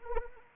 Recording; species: mosquito wingbeat signal from an infrared sensor; Anopheles arabiensis